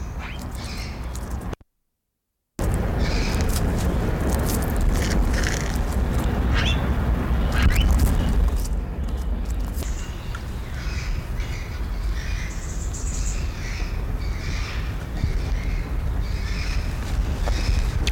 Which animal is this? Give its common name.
Australian Brushturkey